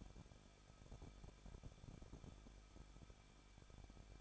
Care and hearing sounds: daily activity, microphone in the room; no activity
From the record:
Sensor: 5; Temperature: 20.8 degrees Celsius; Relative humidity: 38.2%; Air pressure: 1006.7 hPa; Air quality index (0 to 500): 185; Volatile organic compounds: 17 ppm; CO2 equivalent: 2578 ppm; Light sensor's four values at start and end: 2/3/1/1 and 2/3/1/1

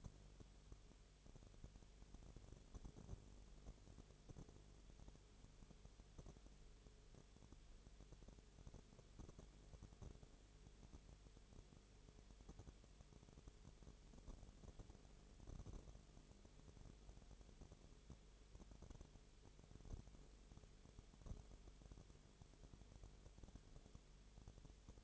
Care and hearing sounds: daily activity, microphone in the room; no activity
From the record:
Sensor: 4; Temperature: 22.0 degrees Celsius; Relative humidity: 29.4%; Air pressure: 1002.1 hPa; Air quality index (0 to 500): 60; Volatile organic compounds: 1 ppm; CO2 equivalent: 612 ppm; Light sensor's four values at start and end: 2/3/1/1 and 2/3/1/1

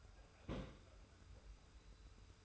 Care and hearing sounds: daily activity, microphone in the room; place on stove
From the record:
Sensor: 2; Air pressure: 991.0 hPa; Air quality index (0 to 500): 110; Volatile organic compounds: 50 ppm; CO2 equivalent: 3290 ppm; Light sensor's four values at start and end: 34/102/40/38 and 34/102/40/38

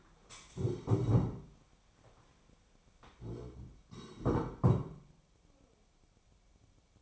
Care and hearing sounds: daily activity, microphone in the room; stand up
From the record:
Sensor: 1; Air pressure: 1015.2 hPa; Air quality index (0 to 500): 198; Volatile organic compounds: 23 ppm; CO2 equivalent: 2779 ppm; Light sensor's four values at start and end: 13/31/13/14 and 13/31/13/14

